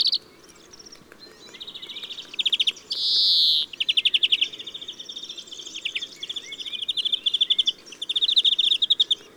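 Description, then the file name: European greenfinch singing a long run of quick mechanical trills broken by one harsh buzzy wheeze, then trilled phrases continuing almost without pause. "Chloris chloris"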